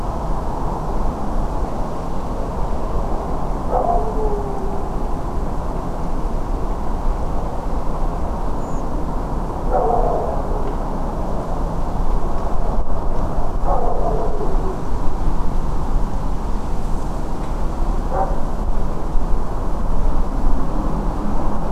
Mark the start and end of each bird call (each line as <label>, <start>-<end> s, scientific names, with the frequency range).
Turdus iliacus (6.1-7.4 kHz), 8.60-8.81 s